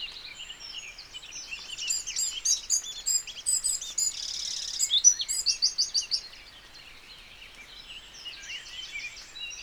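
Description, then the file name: Eurasian wren song: a loud, hurried stream of high, sharp chips and trills, followed by softer high notes. "Troglodytes troglodytes"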